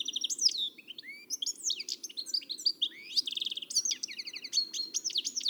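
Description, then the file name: European goldfinch twittering song: rapid, varied high chirps, short buzzes and rising whistles tumbling continuously throughout. "Carduelis carduelis"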